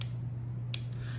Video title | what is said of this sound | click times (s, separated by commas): Massive Weight Loss Journey on Zepbound - Week 9 - GLP-1 - Tirzepatide - Insane Results so far!! | do two clicks. So, there's two clicks | 0.0 s, 0.7 s